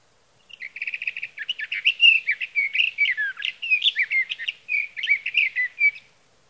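Sage Thrasher song: a quick stuttered run of short notes, then a long fast warble of varied twisting notes running without pause for about five seconds.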